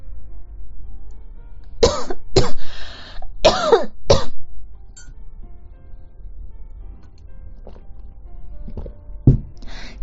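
A tight run of four harsh, forceful coughs within about two seconds, then a few softer coughs and throat-clearing sounds from an adult woman whose persistent cough won't get better, in a quiet indoor room.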